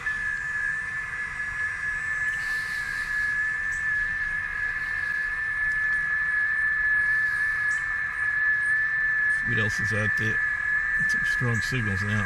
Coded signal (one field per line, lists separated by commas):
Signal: FT8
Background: speech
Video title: Amateur Radio 2 METER SSB /CW SCORPION ll CUBEX QUAD Antenna New 2022